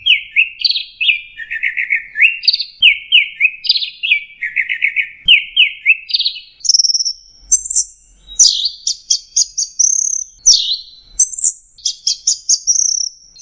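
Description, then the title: Orange-headed thrush singing a long, varied run of whistled phrases, some descending slurs and trills, climbing higher toward the end with sharp repeated notes. "Burung Anis Merah"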